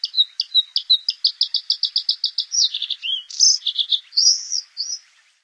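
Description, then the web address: Bluethroat song: a run of quick, evenly repeated bright notes, then a jumble of varied twittering, buzzy and slurred phrases, high-pitched and clear against silence. "Songs of Birds of North America Western USA Songbirds. Bluethroat"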